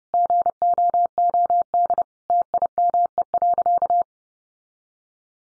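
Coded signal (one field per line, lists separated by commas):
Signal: Morse code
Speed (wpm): 30 wpm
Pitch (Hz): 700 Hz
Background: none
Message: GOOD TIME.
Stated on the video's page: Head-copy drill of sentences built from the top 600 words in Morse at 30 wpm, each sent, spoken, then sent again.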